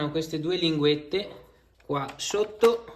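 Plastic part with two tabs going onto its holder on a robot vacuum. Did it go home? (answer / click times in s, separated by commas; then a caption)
no / none. During maintenance on a Dreame L10S Pro Ultra Heat robot vacuum, a plastic part with two tabs underneath is handled as it is about to be pushed onto its holder on the robot. A man talks throughout, with a pause in the middle. Nothing has seated or clicked yet.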